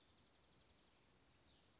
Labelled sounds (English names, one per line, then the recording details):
Western Flycatcher
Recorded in Sonoma County, California